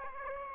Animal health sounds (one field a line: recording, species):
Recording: mosquito wingbeat signal from an infrared sensor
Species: Aedes aegypti